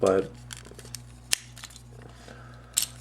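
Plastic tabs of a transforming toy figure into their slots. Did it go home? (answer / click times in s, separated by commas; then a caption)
yes / 1.3 s, 2.8 s. Two plastic tabs on a Transformers Revenge of the Fallen Deluxe Sideways action figure are pushed into their slots during transformation against stiff resistance, after someone talks briefly at the start. Faint plastic handling ticks lead to a sharp snap at 1.3 s and a second at 2.8 s, and both tabs are seated in place.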